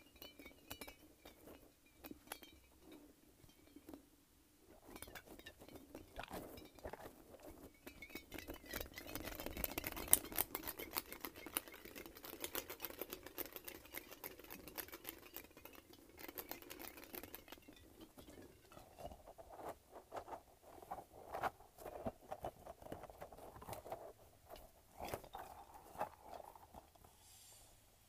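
A light-up ball is squished and shaken, producing dense, rapid rattling and soft squeezing noises that come in bursts. The handling grows busiest and loudest around the middle, between roughly five and seventeen seconds, then continues in lighter, irregular clusters with brief pauses.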